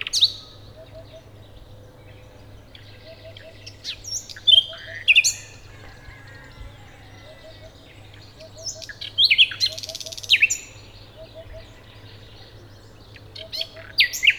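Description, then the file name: Common nightingale singing short, separated bursts of sharp, varied notes with long pauses; a soft regular pulsing call repeats faintly beneath throughout. "Luscinia megarhynchos"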